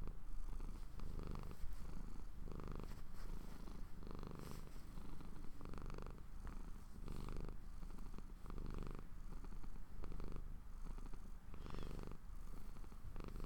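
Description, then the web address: Cat purring steadily, a low continuous rumble that swells and eases in a regular rhythm. Pet cat purring while falling asleep. "Popuppowerbombme My Cat Purring To Sleep"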